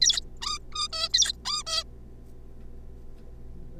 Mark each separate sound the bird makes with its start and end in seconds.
0.01-0.20, 0.42-0.58, 0.72-0.88, 0.93-1.09, 1.14-1.32, 1.45-1.63, 1.67-1.83